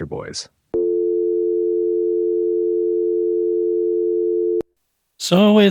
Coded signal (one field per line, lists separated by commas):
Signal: telephone call progress tone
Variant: North America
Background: speech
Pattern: dial tone